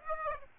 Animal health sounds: mosquito wingbeat signal from an infrared sensor; Aedes aegypti

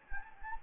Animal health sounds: mosquito wingbeat signal from an infrared sensor; Anopheles gambiae

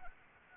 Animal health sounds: mosquito wingbeat signal from an infrared sensor; Anopheles arabiensis

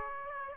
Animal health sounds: mosquito wingbeat signal from an infrared sensor; Aedes aegypti

